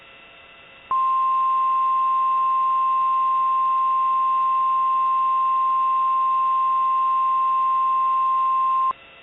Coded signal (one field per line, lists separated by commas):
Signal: Emergency Alert System (SAME) tones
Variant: 1050 Hz attention tone